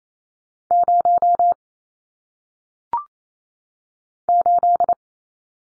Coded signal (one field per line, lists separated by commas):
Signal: Morse code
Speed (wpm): 28 wpm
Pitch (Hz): 700 Hz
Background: none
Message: 0 8